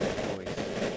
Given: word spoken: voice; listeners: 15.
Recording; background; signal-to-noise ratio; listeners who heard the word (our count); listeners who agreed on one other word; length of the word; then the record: one English word in noise, from a listening test; noise modulated by three-talker babble; -7.7 dB; 3 of 15; 9 of 15; 0.57 s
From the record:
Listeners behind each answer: 9, 3, 1, 1, 1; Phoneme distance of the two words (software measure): 20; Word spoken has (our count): 1 syllable, 3 phonemes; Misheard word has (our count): 1 syllable, 3 phonemes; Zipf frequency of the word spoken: 4.89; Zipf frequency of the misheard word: 4.78